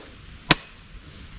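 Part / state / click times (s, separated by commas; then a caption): aftermarket power-tool battery into pole saw battery mount / not seated / none. Another attempt to slide an aftermarket power-tool battery onto the battery mount of an Orblon 6-inch pole saw produces one sharp, brief knock at 0.5 s over a steady high-pitched tone and low background hiss. The battery has not latched: it stays loose and the saw loses power.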